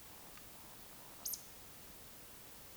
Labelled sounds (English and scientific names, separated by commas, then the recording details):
Eurasian Woodcock (Scolopax rusticola) whistle, Eurasian Woodcock (Scolopax rusticola) croak
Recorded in Baden-Württemberg, Germany, on 20 May 2021 at 19:51 UTC
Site 24606, 635 m above sea level